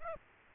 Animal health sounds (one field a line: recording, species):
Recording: mosquito wingbeat signal from an infrared sensor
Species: Aedes aegypti